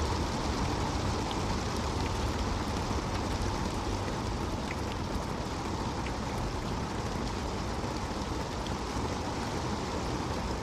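Rain falls steadily and densely, a constant close wash with a low rumbling undertone and no pauses. Faint individual drops tick brightly here and there above the hiss, while a soft hint of passing traffic may blend into the low end.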